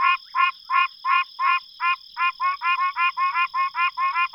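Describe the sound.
Pine Barrens treefrog nasal honks in a rapid series, about three per second, quickening in the second half, with a constant high-pitched whine running underneath.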